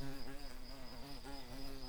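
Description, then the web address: Garden bumblebee buzzing, a low steady drone with a strong harmonic stack, the pitch wavering slightly throughout. Queen. "bumblebees Hortorum-queens"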